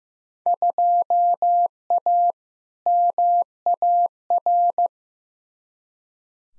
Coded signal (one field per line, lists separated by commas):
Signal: Morse code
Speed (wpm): 15 wpm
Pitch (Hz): 700 Hz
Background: none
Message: 2A MAR